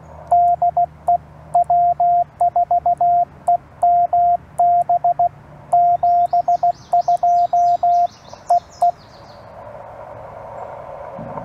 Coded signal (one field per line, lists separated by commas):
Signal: Morse code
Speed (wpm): 16 wpm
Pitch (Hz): 690 Hz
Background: radio noise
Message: DE W4EMB 72 EE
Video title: CW Copy Practice and Surprise meet up with Michael N7CCD